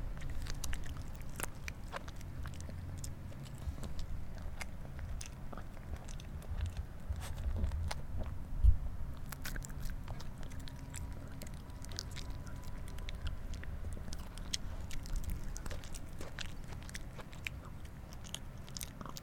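Eating sounds from a mukbang: frequent sharp, crisp clicks of biting and chewing scattered irregularly throughout, with one louder snap near the nine-second mark. A steady low rumble sits underneath the whole time, and the overall level stays fairly even.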